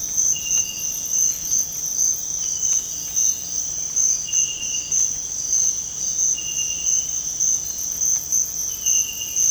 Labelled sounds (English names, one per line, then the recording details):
none
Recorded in dense forest near Puerto Asís, Putumayo, Colombia, on 21 December 2024 at 05:30
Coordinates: 0.481, -76.323
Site G100